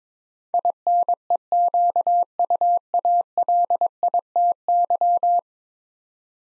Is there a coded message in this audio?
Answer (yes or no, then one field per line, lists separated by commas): yes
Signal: Morse code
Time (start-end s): 0.5-5.4 s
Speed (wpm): 22 wpm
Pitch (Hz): 700 Hz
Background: none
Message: INEQUALITY